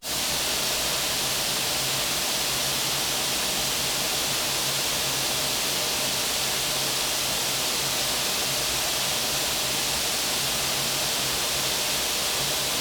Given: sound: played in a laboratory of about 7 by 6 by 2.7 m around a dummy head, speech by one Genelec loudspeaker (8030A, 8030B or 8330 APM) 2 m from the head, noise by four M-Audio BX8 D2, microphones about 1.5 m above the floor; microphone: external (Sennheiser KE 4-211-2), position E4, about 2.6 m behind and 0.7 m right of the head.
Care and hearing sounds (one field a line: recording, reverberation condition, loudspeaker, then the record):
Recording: white noise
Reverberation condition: high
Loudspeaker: four, about 170 cm from the corners of the room and facing them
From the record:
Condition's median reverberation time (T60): about 1300 ms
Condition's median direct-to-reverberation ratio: about -4.0 dB